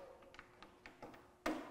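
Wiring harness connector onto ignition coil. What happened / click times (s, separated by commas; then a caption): The ignition coil connector snapped into place / 1.5 s. A wiring harness connector that had been unplugged is pushed back onto the top of the ignition coil of a BMW E30 325i with an M20 engine during diagnosis of a no-start. Several faint taps sound during the first second, then one sharp, loud snap at 1.5 s as the connector seats on the coil.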